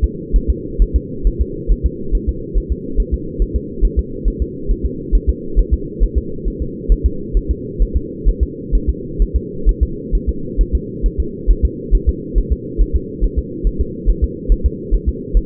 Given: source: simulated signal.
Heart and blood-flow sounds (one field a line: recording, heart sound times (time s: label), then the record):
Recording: fetal heart sounds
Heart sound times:
0.04 s: S2
0.36 s: S1
0.50 s: S2
0.82 s: S1
0.96 s: S2
1.27 s: S1
1.41 s: S2
1.72 s: S1
1.86 s: S2
2.15 s: S1
2.29 s: S2
2.57 s: S1
2.72 s: S2
3.00 s: S1
3.14 s: S2
3.42 s: S1
3.56 s: S2
3.85 s: S1
3.99 s: S2
4.28 s: S1
4.42 s: S2
4.71 s: S1
4.85 s: S2
5.15 s: S1
5.29 s: S2
5.59 s: S1
5.74 s: S2
6.03 s: S1
6.18 s: S2
6.48 s: S1
6.62 s: S2
6.92 s: S1
7.06 s: S2
7.37 s: S1
7.51 s: S2
7.82 s: S1
7.97 s: S2
8.28 s: S1
8.43 s: S2
8.75 s: S1
8.89 s: S2
9.22 s: S1
9.36 s: S2
9.69 s: S1
9.83 s: S2
10.15 s: S1
10.29 s: S2
10.61 s: S1
10.75 s: S2
11.06 s: S1
11.20 s: S2
11.50 s: S1
11.65 s: S2
11.95 s: S1
12.09 s: S2
12.38 s: S1
12.53 s: S2
12.81 s: S1
12.96 s: S2
13.24 s: S1
13.39 s: S2
13.67 s: S1
13.81 s: S2
14.09 s: S1
14.24 s: S2
14.52 s: S1
14.66 s: S2
14.94 s: S1
15.09 s: S2
15.37 s: S1
From the record:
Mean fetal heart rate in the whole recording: 135 bpm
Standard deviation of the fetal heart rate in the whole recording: 3 bpm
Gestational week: 36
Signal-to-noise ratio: -4.3 dB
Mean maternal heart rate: 72 bpm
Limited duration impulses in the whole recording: absent